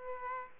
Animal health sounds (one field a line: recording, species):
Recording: mosquito wingbeat signal from an infrared sensor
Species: Aedes aegypti